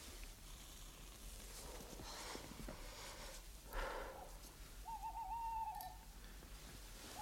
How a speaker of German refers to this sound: Eine Eule? Kreuzchen, glaube ich.